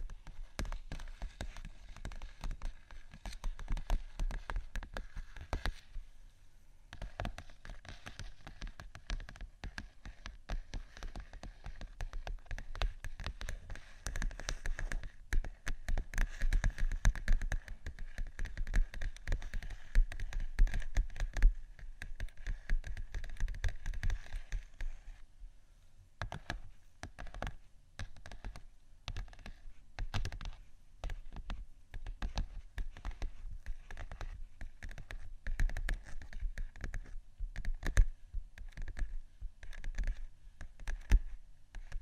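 Dense, irregular tapping and scratching on vinyl, with rapid clicks and scrapes, a brief pause near 6 seconds and another around 25.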